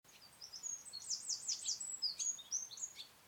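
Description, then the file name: Eurasian wren song: very high, rapid trills and sharp chattering notes pour out in a fast tumbling sequence over a steady background hiss. "Troglodytes troglodytes"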